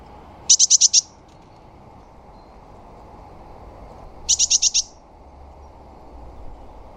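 Bird calls, two quick bursts of about five very high, clipped notes, separated by a few seconds of quiet, over a faint low hum.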